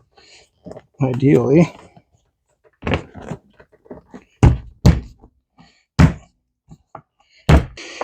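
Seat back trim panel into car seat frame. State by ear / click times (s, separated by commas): seated / 4.4 s, 4.9 s, 6.0 s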